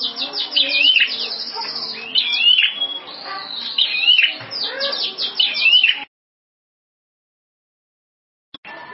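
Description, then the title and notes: Prinia delivering fast rattling trills interwoven with twisting whistled notes for six seconds, then silence with a brief click near the end. Complete song including the trilling phase, locally called ngerol. "Suara Kicau Burung Prenjak Lengkap dan Ngerol"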